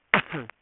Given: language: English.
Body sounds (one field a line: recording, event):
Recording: throat vibration sensor signal played as sound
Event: cough